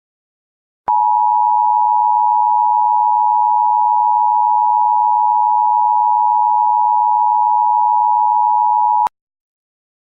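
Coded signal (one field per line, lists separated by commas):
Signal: Emergency Alert System (SAME) tones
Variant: 853 and 960 Hz attention tone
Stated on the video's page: Fictional alert scenario; tones may or may not be valid.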